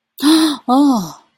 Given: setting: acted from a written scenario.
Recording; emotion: vocal sound without words; negative surprise